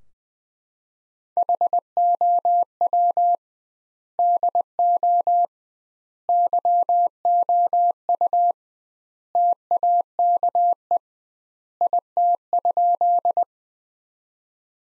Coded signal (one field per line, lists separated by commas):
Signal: Morse code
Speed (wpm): 21 wpm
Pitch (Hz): 700 Hz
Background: none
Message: HOW DO YOU TAKE IT?